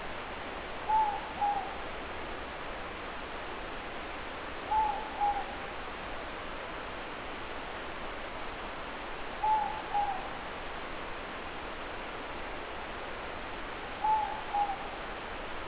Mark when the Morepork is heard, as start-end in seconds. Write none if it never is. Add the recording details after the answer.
0.75-1.80, 4.60-5.59, 9.32-10.33, 13.91-14.88. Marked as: faintness 3/5. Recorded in New Zealand. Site Eglinton